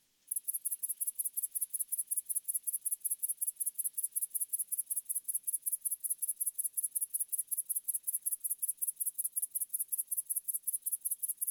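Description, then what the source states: Grasshopper stridulation: a steady, very high-pitched scratchy pulsing, continuing evenly throughout. In a neighbour's tree.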